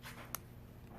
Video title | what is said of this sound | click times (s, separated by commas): Stun devices! | But there's a little click, and it'll kind of stick when you go to pull it back out. | 0.3 s